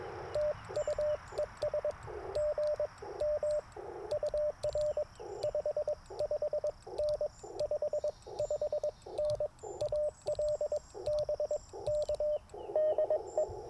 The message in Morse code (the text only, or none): TU ES GM UR 55N 55N AL BK DE